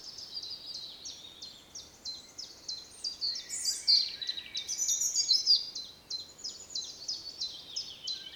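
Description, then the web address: European robin: high rapid repeated ticking notes throughout, broken by a brief bright warbled phrase near the middle. "SETE data Erithacus rubecula"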